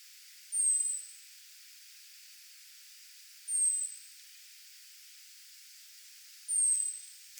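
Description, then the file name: European robin giving thin, high-pitched drawn-out notes that fall slightly, three in all, against a quiet hissy background. "Erithacus rubecula"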